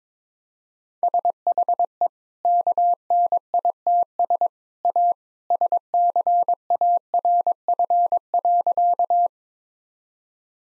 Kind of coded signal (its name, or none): Morse code